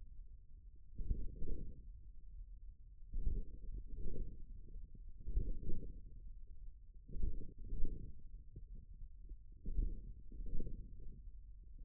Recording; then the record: forearm muscle sounds (acoustic myography)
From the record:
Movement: hand closing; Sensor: system 1, eight BSWA MPA416 microphones around the upper forearm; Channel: 6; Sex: male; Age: 41 years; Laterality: right